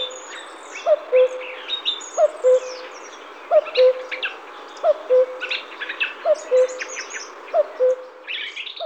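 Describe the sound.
Cuckoo giving steady two-note cu-ckoo calls roughly every one and a quarter seconds over a busy chorus of chirping, whistling songbirds.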